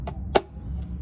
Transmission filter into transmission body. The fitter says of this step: he heard the click and